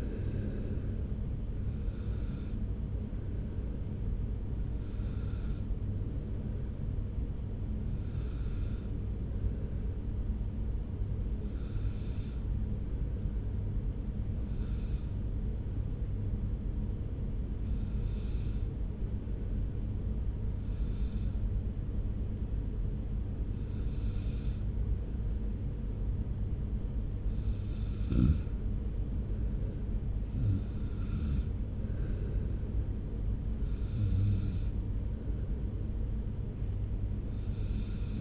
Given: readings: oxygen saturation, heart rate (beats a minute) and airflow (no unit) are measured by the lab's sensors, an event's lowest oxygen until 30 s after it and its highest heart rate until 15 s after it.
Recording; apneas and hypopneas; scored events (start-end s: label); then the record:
breathing in sleep by a smartphone at the bedside; 1
3.00-28.40 s: hypopnea (N1, oxygen 96% highest, then 94% lowest)
From the record:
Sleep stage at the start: N1 (lightest sleep); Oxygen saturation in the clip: 88 to 96%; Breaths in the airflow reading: 12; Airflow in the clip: -1.3 to 1.0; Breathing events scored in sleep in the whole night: 335 in 6.7 hours asleep